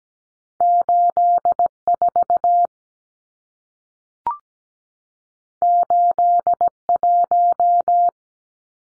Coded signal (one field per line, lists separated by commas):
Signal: Morse code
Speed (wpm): 17 wpm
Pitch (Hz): 700 Hz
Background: none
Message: 84 81